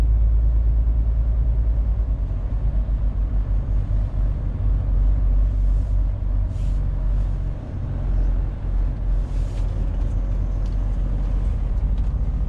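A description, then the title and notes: A truck engine rumbles low and steady throughout, with a brief dip near eight seconds and faint hissy bursts around seven and ten seconds. Truck driver sound.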